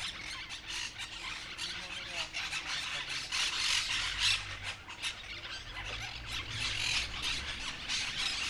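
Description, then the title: Monk parakeets squawking and chattering together in rapid, irregular harsh notes, a noisy, continuous flock clamour. Noisy flock chattering, Calle Lavadero 3, 28970 Humanes de Madrid, Madrid, Spain; Zoom H1n recorder. "Calle Lavadero, 3, Humanes de Madrid, Madrid, España - Grupo de Cotorras Argentinas"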